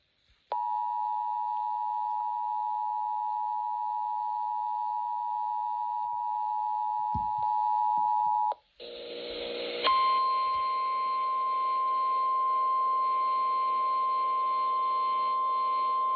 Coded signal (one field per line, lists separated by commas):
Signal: Emergency Alert System (SAME) tones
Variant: 853 and 960 Hz attention tone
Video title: Flash Flood Warning on WSLQ || EAS 609